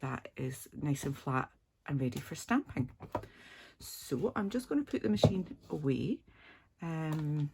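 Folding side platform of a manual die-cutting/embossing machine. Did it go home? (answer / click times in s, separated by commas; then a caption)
no / none. Someone talks while putting away a manual die-cutting and embossing machine, handling its folding plastic side platforms, with soft handling noises between the speech. The platforms have not yet folded up and clicked into place; nothing has seated or clicked by the end of the clip.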